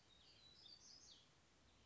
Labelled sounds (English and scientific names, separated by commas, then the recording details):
Black-throated Gray Warbler (Setophaga nigrescens)
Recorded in Sonoma County, California